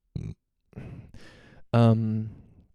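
A short low grunt and some breathy rasping lead into one loud, low, drawn-out burp with a throaty, buzzing tone that fades out at the end.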